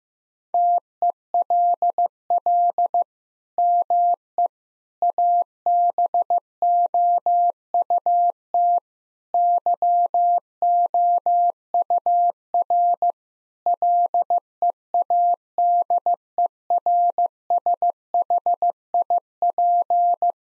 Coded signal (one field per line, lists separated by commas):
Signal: Morse code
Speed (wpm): 15 wpm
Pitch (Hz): 700 Hz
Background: none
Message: TELL ME ABOUT YOUR LEADERSHIP